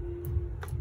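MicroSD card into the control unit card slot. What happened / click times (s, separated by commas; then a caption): The memory card clicked into its slot / 0.6 s. A microSD memory card is pushed into the slot on the end of the control unit of a rental "Light Dolphin" ride-on electric car. A faint tick at 0.25 s comes before a sharper click at 0.6 s, heard over a steady low hum. The card clicks and seats in the slot.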